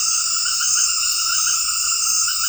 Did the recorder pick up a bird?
no